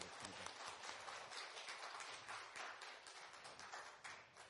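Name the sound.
audience applause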